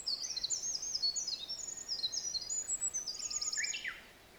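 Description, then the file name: Olive-backed Pipit giving a quick, high, tinkling and buzzy song of short trilled phrases, closing with a lower, slurred, descending note. Recorded at Mt Hinoki. "Indian Tree Pipit At Mt Hinoki"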